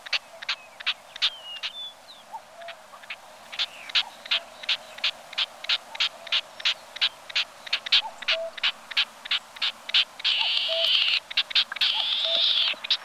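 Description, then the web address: Solitary snipe calls: a steady series of sharp, clicking notes about three per second, ending in a harsh buzzy burst, with other faint bird notes behind. "gallinago solitaria"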